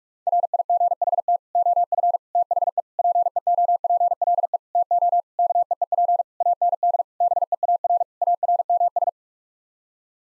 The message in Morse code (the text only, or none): RIGHT OF THE PEOPLE TO KEEP AND BEAR ARMS